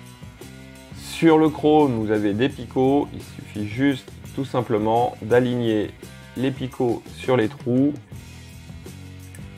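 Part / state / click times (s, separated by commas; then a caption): chrome plastic trim piece pressed onto the pegs/holes of a model motorcycle wheel / seated / 9.3 s. Someone talks over background music while lining up the pegs on a small chrome plastic trim piece with the holes in the wheel of an Altaya Indian Springfield scale motorcycle model kit (issue number 2) and pressing it on. A single short click at 9.4 s marks the piece seating, and it fits perfectly.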